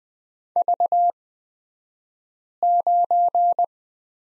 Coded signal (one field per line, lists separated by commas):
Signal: Morse code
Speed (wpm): 20 wpm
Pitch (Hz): 700 Hz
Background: none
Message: V9